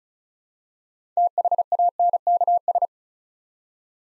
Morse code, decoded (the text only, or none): THANKS